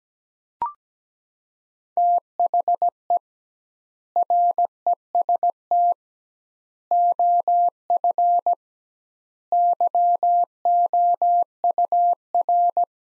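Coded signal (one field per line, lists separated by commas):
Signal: Morse code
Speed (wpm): 17 wpm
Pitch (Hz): 700 Hz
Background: none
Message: THE REST OF YOUR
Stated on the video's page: Morse practice sets of five words at 17 wpm with 2x word-spacing, a Farnsworth-like approach; each set is sent, spoken, then sent again.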